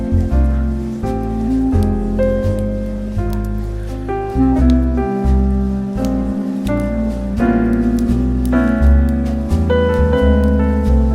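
Relaxed, soothing jazz plays at an even level throughout. A deep bass line moves to a new note roughly every second beneath sustained chords, while light, crisp taps, like brushed cymbals, tick along steadily on top.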